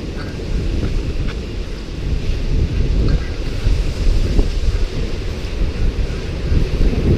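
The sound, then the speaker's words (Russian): Steady, heavy rumble of Pacific Ocean surf on a shore in America where driftwood has washed up, mixed with gusting wind buffeting the microphone, a continuous low roar that swells slightly in places, with no clear voices. “Тихий океан наломал дров здесь, вытянул все это на берег.”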